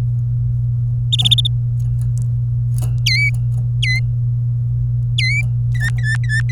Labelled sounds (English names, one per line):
Domestic Canary song